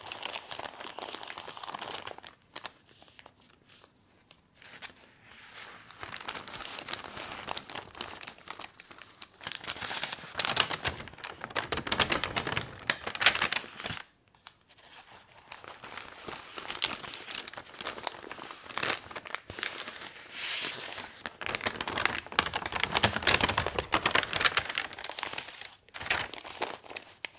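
Someone reads a newspaper, the paper rustling and crinkling in bright bursts as pages are handled and turned. The sound comes in busy stretches broken by short pauses near 2–4, 14, 19 and 26 seconds.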